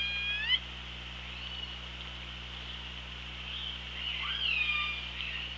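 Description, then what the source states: Orca calls: a short harmonic-rich squeal at the start, then wavering, sliding whistled tones near the end, over constant underwater hiss and low droning hum. Hydrophone at OrcaLab, 24 August 2017.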